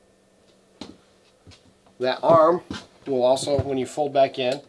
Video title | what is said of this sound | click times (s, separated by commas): Operating your TV | and it unlocks your TV from the wall allows you to swing out | 0.8 s